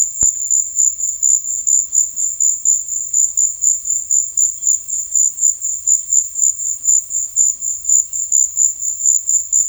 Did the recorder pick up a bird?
no